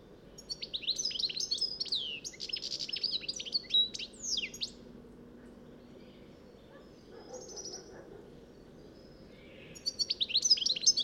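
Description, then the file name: European goldfinch song, a long rapid run of tinkling chirps and trills, then a quiet gap with a faint note, and twittering returning at the end. "Carduelis carduelis"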